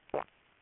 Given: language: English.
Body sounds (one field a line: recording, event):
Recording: throat vibration sensor signal played as sound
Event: swallow